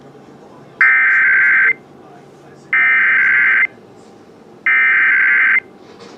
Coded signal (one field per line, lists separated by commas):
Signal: Emergency Alert System (SAME) tones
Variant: header bursts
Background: speech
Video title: Ohio's RMT (EAS #5451-5461)